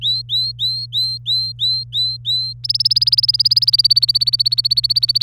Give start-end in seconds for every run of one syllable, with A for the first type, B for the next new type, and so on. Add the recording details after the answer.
0.01-2.53 A, 2.64-5.23 B. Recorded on 27 April 2018 at 08:27. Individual llb3